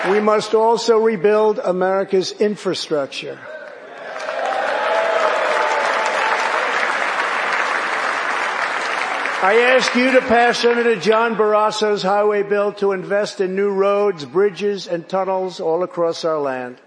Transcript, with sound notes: We must also rebuild America's infrastructure. (CHEERS AND APPLAUSE) I ask you to pass Senator Barrasso's highway bill to invest in new roads, bridges, and tunnels across our land.